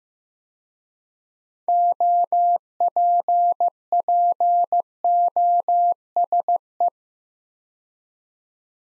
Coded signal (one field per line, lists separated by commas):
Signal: Morse code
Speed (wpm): 15 wpm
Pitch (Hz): 700 Hz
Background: none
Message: OPPOSE